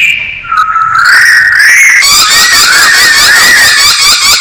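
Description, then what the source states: Masked laughingthrush uttering strained, rising and wavering whistles almost continuously. Described as 'gacor', a bird-keepers' term for a bird in full, vigorous song.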